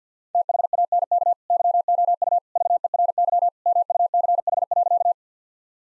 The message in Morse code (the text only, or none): THANK YOU VERY MUCH.